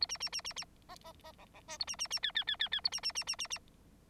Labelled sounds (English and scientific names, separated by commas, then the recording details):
Bengalese Finch (Lonchura striata domestica) song
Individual Bird9